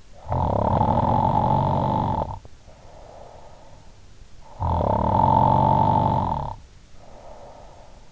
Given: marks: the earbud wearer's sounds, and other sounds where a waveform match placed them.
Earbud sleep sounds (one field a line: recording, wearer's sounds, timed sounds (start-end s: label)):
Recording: sounds in sleep by an in-ear microphone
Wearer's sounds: snoring breath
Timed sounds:
0.13-3.98 s: snoring breath
4.28-8.12 s: snoring breath